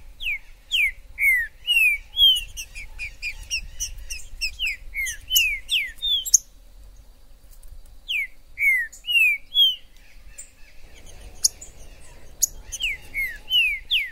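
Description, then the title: Green-winged saltator song: two bouts of bright, down-slurred whistles in quick succession, separated by a pause of about a second and a half. Trinca-ferro in the forest, chirping, singing and acting male in a song dispute, described as a 'major' singer; meant to stir up a pet saltator. "Esse VÍDEO de TRINCA FERRO no MATO vai DEIXAR seu TRINCA LOUCO!! Trinca ferro MAJOR no MATO!!"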